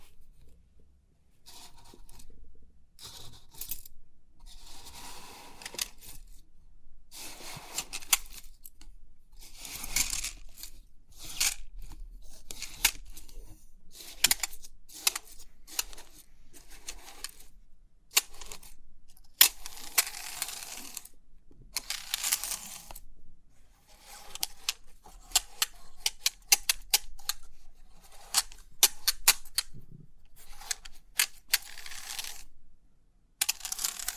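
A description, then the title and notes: Crisp pin art tingles: bursts of bright metallic clicking and rustling pins come and go irregularly, with short quiet gaps between them. Crisp 3D Pin Art Tingles(No Talking).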